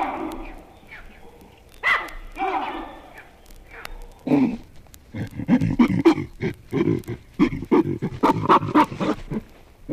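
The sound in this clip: Baboon calls: a few harsh, wavering cries, then a fast, irregular run of short grunting barks, several each second.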